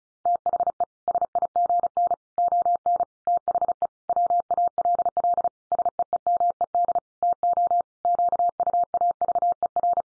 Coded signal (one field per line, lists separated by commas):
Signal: Morse code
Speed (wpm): 34 wpm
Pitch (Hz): 700 Hz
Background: none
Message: THE SIGN ON THE WALL SEEMED TO QUAVER